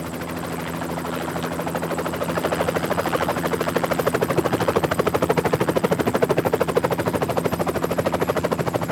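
A helicopter flies from left to right, its rotor chopping in a rapid, steady thumping rhythm over a low engine drone, growing a little louder after the first couple of seconds and holding there, with no voices.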